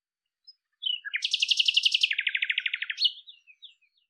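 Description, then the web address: Bird song starting with a few short notes, then a long, fast trill that steps down in pitch halfway, trailing off into soft chirps. "cianscape birddata Deverinetal 2025 Bird Lu Me Lu Me"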